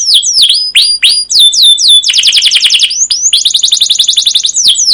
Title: CUIT CUIT NGEROL LANGSUNG GACOR PANJANG Kenari Ini AMPUH Utk Pancingan KENAR. Masteran Suara Burung Kenari Gacor Panjang cuit cuit Ngerol untuk Pancingan Kenari!